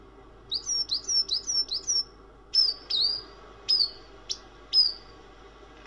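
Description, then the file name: Bird twittering: a rapid string of high slurred chirps followed by slower, widely spaced single whistled notes, each dropping then levelling. Samsung ringtone. "vogelgezwitscher"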